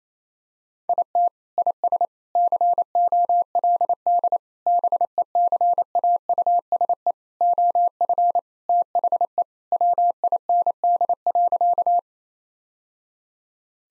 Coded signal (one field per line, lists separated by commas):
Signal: Morse code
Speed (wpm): 27 wpm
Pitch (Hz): 700 Hz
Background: none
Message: IT IS COLD BECAUSE OF THE WIND.